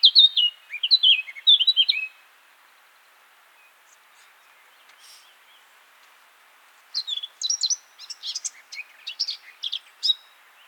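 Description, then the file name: Eurasian blackcap song in two bursts: falling fluty whistles, several seconds of quiet, then a scratchy, chattering warble. "Sylvia atricapilla"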